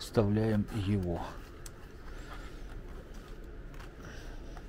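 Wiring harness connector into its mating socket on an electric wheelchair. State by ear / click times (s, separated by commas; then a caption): seated / 4.6 s. Someone talks, then the second wiring harness connector on an electric wheelchair is pushed into its mating plastic socket. It clicks at 4.6 s and is seated so it will no longer pop out.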